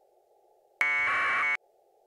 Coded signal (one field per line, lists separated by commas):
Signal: packet radio (AX.25, as in APRS)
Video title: Ham Radio K1GMM-MFJ Matchmaker Demo/Antenna Discussion with N8SDR!